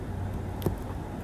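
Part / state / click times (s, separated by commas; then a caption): solar cable connector male half into female half / not seated / none. The male half of a waterproof solar panel cable connector, with plastic housings and a gasket, is pushed into the female half after crimping, over a steady low rumble of background noise. A brief, faint knock occurs at 0.7 s, but the connector does not click and has not seated yet.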